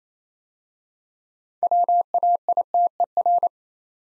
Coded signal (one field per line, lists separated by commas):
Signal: Morse code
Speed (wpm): 29 wpm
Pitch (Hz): 700 Hz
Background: none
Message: WAITER